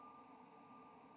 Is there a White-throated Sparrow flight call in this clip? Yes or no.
no